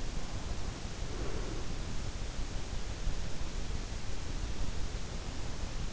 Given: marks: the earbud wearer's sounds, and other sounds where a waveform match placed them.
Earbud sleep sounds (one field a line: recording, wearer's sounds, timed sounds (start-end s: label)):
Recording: sounds in sleep by an in-ear microphone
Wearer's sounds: breath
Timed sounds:
0.69-2.31 s: breath